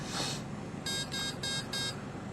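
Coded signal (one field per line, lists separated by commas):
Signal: beep code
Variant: brushless RC ESC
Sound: four short, evenly spaced electronic beeps with buzzy harmonic tone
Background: brief hiss, room noise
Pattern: 4 short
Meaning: Programming step four: aircraft mode, soft start or governor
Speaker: okay that's four beeps we're at step four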